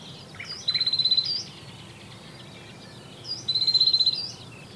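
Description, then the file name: Great tit calls: two bursts of rapid buzzy, chattering notes, each lasting under a second with a thin steady whistle-like tone on top, separated by a pause; faint background hiss. "Parus major"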